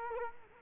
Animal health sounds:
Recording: mosquito wingbeat signal from an infrared sensor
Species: Culex quinquefasciatus

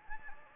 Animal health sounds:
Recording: mosquito wingbeat signal from an infrared sensor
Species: Anopheles gambiae

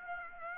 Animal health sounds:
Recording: mosquito wingbeat signal from an infrared sensor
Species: Aedes aegypti

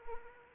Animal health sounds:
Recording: mosquito wingbeat signal from an infrared sensor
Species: Anopheles arabiensis

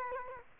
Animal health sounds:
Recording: mosquito wingbeat signal from an infrared sensor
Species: Culex quinquefasciatus

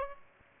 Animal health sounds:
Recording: mosquito wingbeat signal from an infrared sensor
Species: Aedes aegypti

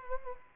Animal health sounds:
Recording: mosquito wingbeat signal from an infrared sensor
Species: Culex quinquefasciatus

